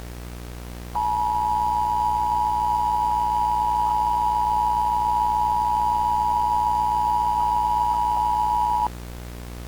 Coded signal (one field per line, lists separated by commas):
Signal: Emergency Alert System (SAME) tones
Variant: 853 and 960 Hz attention tone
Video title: National Pancake Day EAS Mini